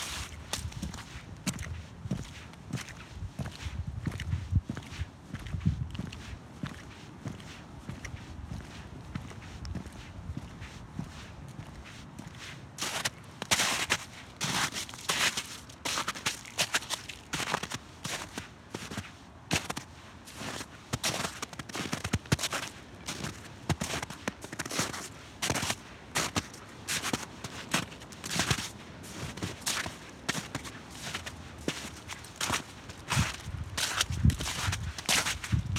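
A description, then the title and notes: Footsteps crunch through snow and slush on a walk outdoors. The first dozen seconds are softer and more muffled, with low rumbling movement; from about thirteen seconds on, the steps turn sharp, bright and crackly, coming quickly and steadily until the end. ASMR Radio - Snowy, Slushy, Crunchy Walk. In this episode, you'll hear me taking a walk out to my mailbox to check the mail.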